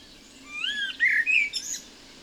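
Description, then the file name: Common blackbird song phrase: mellow fluted whistles sliding up and down, then a brighter warbled note and a thin high twitter to finish. "Turdus merula"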